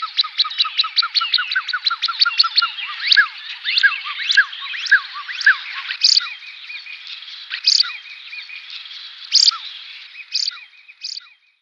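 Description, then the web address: Common shelduck whistled calls: a fast run of short, thin, falling notes that slows into spaced, louder whistles over about twelve seconds, with no other sounds. Male. "Schulze Peter Common Shelduck male"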